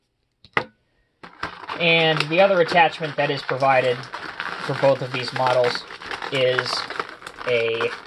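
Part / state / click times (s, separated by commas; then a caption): plastic grapple tongs closing onto the diecast grapple base of a scale model loader attachment / seated / 0.6 s. On a 1:32 diecast skid steer grapple attachment, the plastic top tongs are closed fully onto the diecast bottom jaw and click shut at about 0.6 s, closing all the way with a satisfying click. A faint tap comes just before at 0.5 s, then from about 1.2 s someone talks over the rest of the clip.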